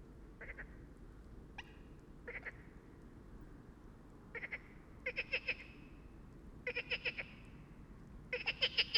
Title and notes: 37130 Bréhémont, France - Trying to communicate with Frogs. A little pond next to the river Loire where we tried to sleep untill a bunch of frogs begin to sing